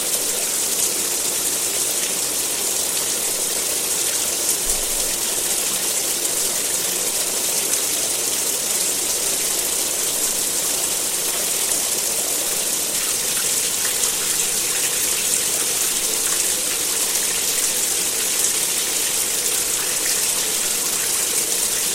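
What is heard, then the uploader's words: Rain falls in a steady, dense hiss that holds level for the whole stretch without pauses. The sound leans bright, with a softer, lower band of wash underneath, and no separate drips or other sounds stand out. The Peaceful Sound of Rain. Soothing rainfall, white noise.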